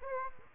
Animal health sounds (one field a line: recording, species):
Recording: mosquito wingbeat signal from an infrared sensor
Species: Aedes aegypti